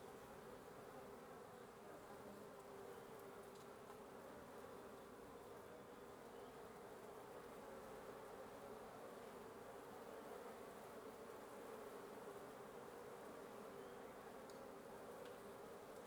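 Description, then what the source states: Wasps buzzing in an unbroken, dense hum, with a few faint clicks late on. Wasp nest under the roof of a residence in Antigua Guatemala, Guatemala; recorded in the morning.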